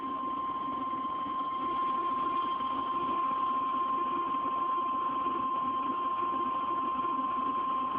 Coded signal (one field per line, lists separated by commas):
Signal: Emergency Alert System (SAME) tones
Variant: 1050 Hz attention tone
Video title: eas #6 Severe Thunderstorm Warning 3/31/12